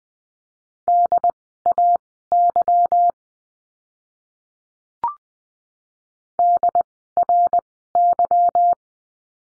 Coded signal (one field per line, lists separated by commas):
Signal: Morse code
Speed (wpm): 20 wpm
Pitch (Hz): 700 Hz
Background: none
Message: DAY DRY